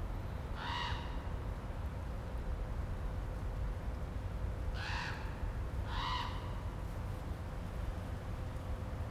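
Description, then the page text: Common raven croaks, three short harsh calls, one alone then two close together a second apart, against low rumbling noise. Maryland, United States. "Common Raven by Stephen John Davies via iNaturalist"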